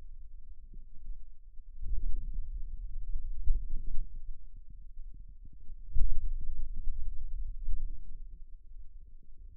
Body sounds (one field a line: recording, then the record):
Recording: forearm muscle sounds (acoustic myography)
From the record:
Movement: pen grasping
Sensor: system 2, bracelet of six BSWA MPA416 microphones around the upper forearm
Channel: 1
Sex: male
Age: 22 years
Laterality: right